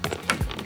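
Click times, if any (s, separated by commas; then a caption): 0.0 s, 0.3 s. A passenger-side trim piece on an E30 is slipped onto its mounting track and pushed until it snaps home. Sharp snaps are heard at 0.0 and 0.3 seconds, with fainter taps and a low thump around them. The piece ends up seated with a solid snap in place.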